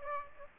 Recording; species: mosquito wingbeat signal from an infrared sensor; Aedes aegypti